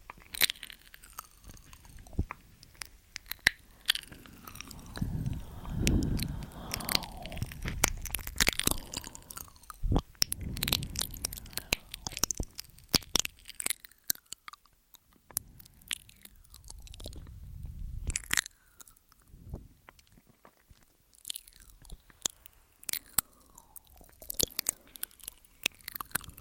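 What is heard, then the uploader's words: Mouth sounds and eating: wet, crunchy chewing with sharp clicks and smacks scattered throughout. Dense bursts of crunching come around 5–11 seconds and again near 16–19 seconds, with a low, muffled rumble beneath them, while quieter stretches hold sparse lip smacks. MOUTH SOUNDS & EAR EATING Tascam & Dummyhead.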